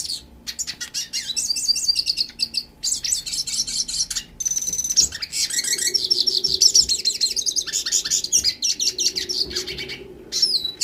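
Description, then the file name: Yellow-faced siskin song: a long, rambling stream of fast twitters, high trills and sharp buzzy notes, broken by a few short pauses. Northeast Brazil. "pintassilgo do nordeste"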